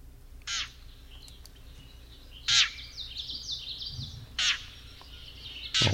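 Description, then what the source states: Yellow-breasted Chat giving harsh, nasal meowing calls, four loud bursts roughly every two seconds, with softer scratchy chattering notes between them. Second example of the cat-like meow call, which is variable; somewhat reminiscent of a blue jay.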